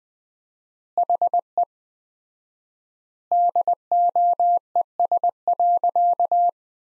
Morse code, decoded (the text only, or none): HE DOES.